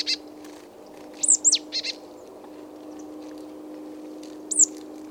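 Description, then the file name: Marsh tit calls: a short sharp note at the start, then a pair of sharp, high downslurred notes followed by two short buzzy notes, then another sharp note near the end, over a steady low hum. "Poecile palustris"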